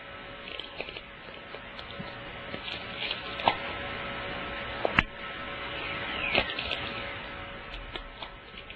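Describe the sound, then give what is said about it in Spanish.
Recorded crackling of ball lightning: a steady fizzing hiss broken by irregular sharp pops and drip-like ticks, with a faint constant hum underneath and no voices. “Ese es el momento en que la bola de luz aparece, el rayo de bola.”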